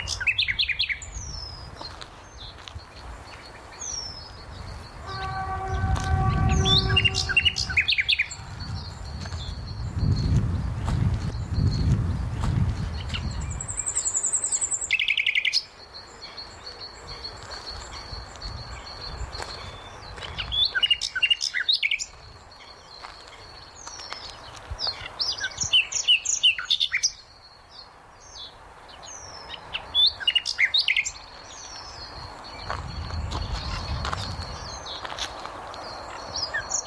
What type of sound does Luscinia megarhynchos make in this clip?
song